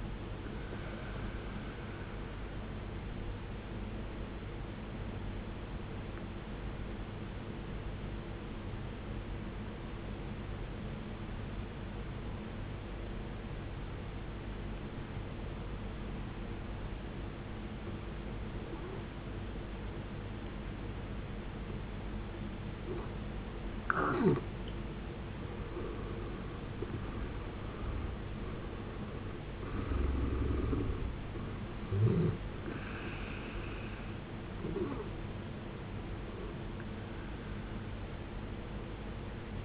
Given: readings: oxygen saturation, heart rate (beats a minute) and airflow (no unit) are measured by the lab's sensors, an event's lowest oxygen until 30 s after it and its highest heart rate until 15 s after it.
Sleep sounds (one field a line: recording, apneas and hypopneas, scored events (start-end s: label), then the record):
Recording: breathing in sleep by a voice recorder at the bedside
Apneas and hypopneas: 1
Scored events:
5.00-26.50 s: obstructive apnea (N1, oxygen 95% highest, then 80% lowest, heart rate 64 at the start, 74 highest)
From the record:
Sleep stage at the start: N1 (lightest sleep)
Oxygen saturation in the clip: 75 to 95%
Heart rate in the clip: 52 to 73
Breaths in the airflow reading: 5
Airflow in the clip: -11.9 to 12.2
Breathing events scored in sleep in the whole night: 389 in 6.3 hours asleep